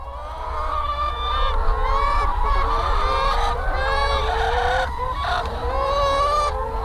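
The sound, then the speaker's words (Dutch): A flock of 65,000 chickens on a poultry farm clucking and chattering all at once, a dense, steady wash of overlapping high, warbling calls with a low hum underneath and no pauses. “Nee, als we dit horen, je hoort de kippen kakelen.”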